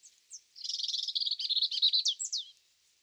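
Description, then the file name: European robin delivering one continuous phrase of rapid, jingling high notes that ends in a few quick, sharp, downslurred squeaks. "Erithacus rubecula"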